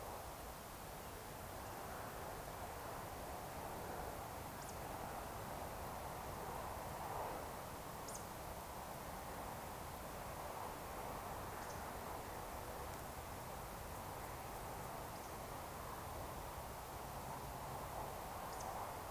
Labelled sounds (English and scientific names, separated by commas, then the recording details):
Eurasian Woodcock (Scolopax rusticola)
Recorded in Baden-Württemberg, Germany, on 29 June 2020 at 20:16 UTC
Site 43791, 788 m above sea level